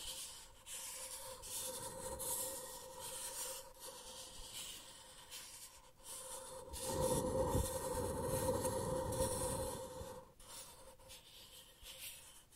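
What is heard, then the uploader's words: Sensitive tracing: a soft, continuous rubbing and scratching texture with a faint steady tone running underneath. The strokes swell and fade, growing fuller and heavier between about seven and ten seconds, with brief pauses near four, six and ten seconds. ASMR Sensitive Tracing (No Talking).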